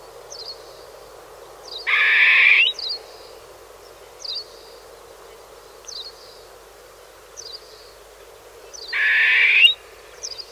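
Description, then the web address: Partridge producing two loud grating rasps several seconds apart, against a steady pattern of brief high-pitched notes repeated every second or so. "partridge bird"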